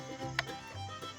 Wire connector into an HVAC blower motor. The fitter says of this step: and you hear it snap. It's got to go all the way up in there and snap.